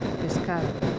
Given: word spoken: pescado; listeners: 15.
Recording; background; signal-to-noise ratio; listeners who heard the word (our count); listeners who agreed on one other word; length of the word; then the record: one Spanish word in noise, from a listening test; noise modulated by three-talker babble; -3.0 dB; 4 of 15; 9 of 15; 0.59 s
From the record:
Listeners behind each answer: 9, 4, 1, 1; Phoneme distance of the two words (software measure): 17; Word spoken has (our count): 3 syllables, 7 phonemes, stress on syllable 2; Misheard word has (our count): 2 syllables, 6 phonemes, stress on syllable 2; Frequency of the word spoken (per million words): 30.85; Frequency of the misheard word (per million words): 4.93